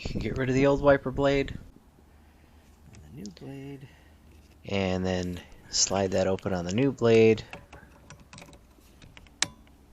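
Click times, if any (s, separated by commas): 9.4 s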